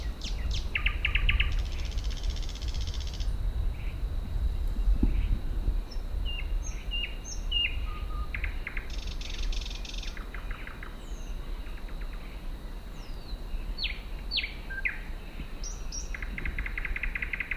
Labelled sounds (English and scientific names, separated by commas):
Thrush Nightingale (Luscinia luscinia) song